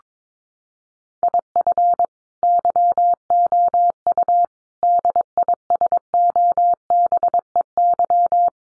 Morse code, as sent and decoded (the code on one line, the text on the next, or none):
.. ..-. / -.-- --- ..- / -.. .. ... --- -... . -.--
IF YOU DISOBEY